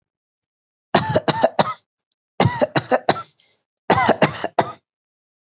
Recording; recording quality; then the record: shallow voluntary cough; excellent, no background noise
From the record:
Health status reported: healthy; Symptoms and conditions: fever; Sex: male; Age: 32 years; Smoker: yes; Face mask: not worn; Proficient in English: yes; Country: India